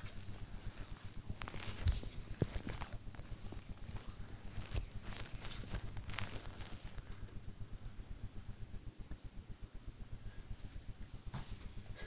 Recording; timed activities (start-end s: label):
household activities, microphone on the right wrist
0.00-6.69 s: cream hands